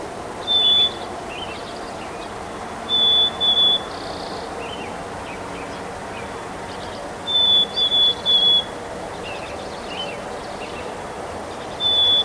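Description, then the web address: Bird song: clear, pure, high whistles, often two or three in a row, separated by short chirps and pauses of a few seconds, over low steady noise. 3 May 2023. "gemlog starlog audio bird song 20230503"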